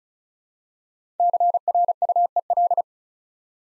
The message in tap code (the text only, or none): none